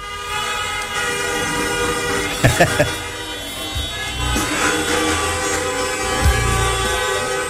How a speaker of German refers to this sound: Absoluter Wahnsinn, das müsst ihr hören, Nachtwärmer. Ich mach mal das Mikrofon auf, draußen von der Straße, Autokorso.